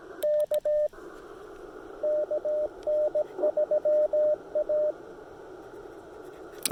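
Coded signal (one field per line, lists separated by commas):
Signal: Morse code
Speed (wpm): 17 wpm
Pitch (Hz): 600 Hz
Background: none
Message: K KN3A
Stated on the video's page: Park activation under poor band conditions; long, challenging activation.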